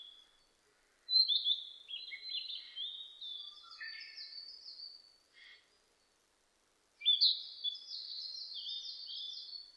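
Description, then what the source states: Narcissus flycatcher song: a varied phrase of slurred whistles, then after a pause a steady series of repeated high notes. Recorded 25 April 2006.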